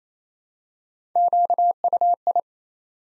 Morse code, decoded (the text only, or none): QUI